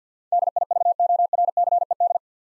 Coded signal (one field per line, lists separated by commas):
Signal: Morse code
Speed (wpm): 53 wpm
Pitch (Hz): 700 Hz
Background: none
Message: DIVORCED